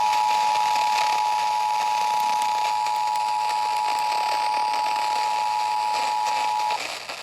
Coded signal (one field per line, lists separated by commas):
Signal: Emergency Alert System (SAME) tones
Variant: 853 and 960 Hz attention tone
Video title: EAS SC Required Monthly Test on 96.7 WLTY (tropo) 1/22/26